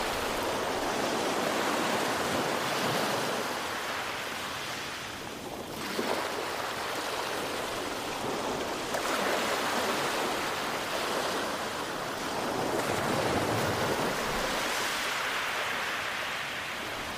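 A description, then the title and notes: Ocean surf rushes in a dense, continuous hiss, swelling and easing as waves break and draw back, with a brief dip near six seconds and fresh surges around nine and fifteen seconds. The sound is bright, with wind brushing underneath. Ocean Sounds.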